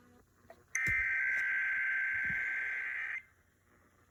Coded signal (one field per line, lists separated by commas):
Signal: Emergency Alert System (SAME) tones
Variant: header bursts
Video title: TWO FOR THE PRICE OF ONE - EAS 1059 - 1068